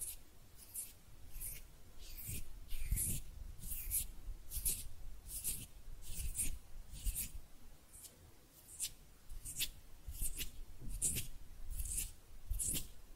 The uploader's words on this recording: ASMR Relaxing Hand Sounds (No Talking).